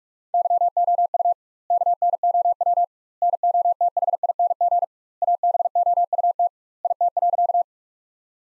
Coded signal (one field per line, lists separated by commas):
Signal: Morse code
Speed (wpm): 48 wpm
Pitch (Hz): 700 Hz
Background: none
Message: YOU KNOW NOTHING ABOUT IT.